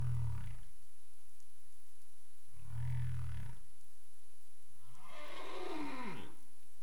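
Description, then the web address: Humpback whale: two deep pulsed grunts a few seconds apart, then a longer harmonic-rich rasp with sweeping tones. 27 April 2035, 22:23 UTC. "CARIMAM. humpback whale 20350427 222331 UTC"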